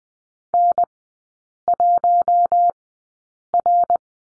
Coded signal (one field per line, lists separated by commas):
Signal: Morse code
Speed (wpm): 20 wpm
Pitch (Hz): 700 Hz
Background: none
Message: N1R